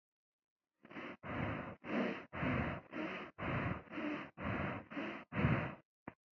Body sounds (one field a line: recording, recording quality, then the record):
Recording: shallow breathing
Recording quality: excellent, no background noise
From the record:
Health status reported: healthy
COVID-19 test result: not tested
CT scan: not taken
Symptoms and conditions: cough, cold, fever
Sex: female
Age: 31 years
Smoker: no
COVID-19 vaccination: both doses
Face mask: not worn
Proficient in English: yes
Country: India